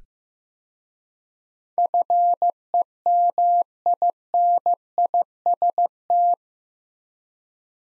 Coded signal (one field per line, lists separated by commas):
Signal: Morse code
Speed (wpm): 15 wpm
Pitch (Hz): 700 Hz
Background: none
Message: FEMINIST